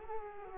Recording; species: mosquito wingbeat signal from an infrared sensor; Culex quinquefasciatus